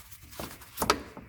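A small plastic retaining cover is clipped over the radiator hose fitting during a radiator replacement on a Jeep LJ. A light tap at 0.8 s leads into a sharp, bright snap at 0.9 s, and the cover is seated.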